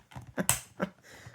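A stiff plastic clip is squeezed home into the wheel and tire assembly of a scale model car. It seats with a loud, sharp snap at 0.5 s, surrounded by softer handling clicks and rustling. The clip is confirmed seated.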